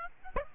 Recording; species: mosquito wingbeat signal from an infrared sensor; Aedes aegypti